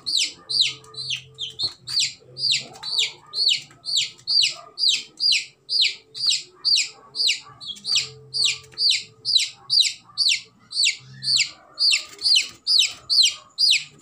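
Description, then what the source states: Chick peeping: loud, shrill down-slurred cheeps repeated steadily about twice per second throughout, with a faint low hum in the background. Baby chick.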